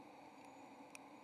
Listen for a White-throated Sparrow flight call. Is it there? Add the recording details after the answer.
no. No flight call is heard. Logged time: 00:19 on 14 November 2014